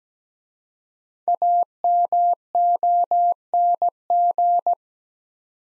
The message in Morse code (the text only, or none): AMONG